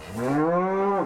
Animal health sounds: contact call of a hoofed animal; cattle; low-frequency (closed-mouth) or high-frequency (open-mouth) call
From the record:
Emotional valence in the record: negative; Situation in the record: full separation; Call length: 1.06 s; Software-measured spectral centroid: 1330 Hz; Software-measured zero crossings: 1440 a second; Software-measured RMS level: -24 dBFS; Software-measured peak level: -13 dBFS

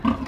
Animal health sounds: contact call of a hoofed animal; wild boar; grunt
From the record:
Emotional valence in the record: positive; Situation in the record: food anticipation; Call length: 0.28 s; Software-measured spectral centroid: 1400 Hz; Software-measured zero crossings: 1090 a second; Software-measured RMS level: -23 dBFS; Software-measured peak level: -8 dBFS

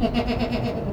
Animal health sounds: contact call of a hoofed animal; goat; low-frequency (closed-mouth) or high-frequency (open-mouth) call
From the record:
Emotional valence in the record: positive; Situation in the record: food anticipation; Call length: 0.93 s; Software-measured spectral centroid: 1690 Hz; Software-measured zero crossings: 1160 a second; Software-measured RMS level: -24 dBFS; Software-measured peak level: -11 dBFS

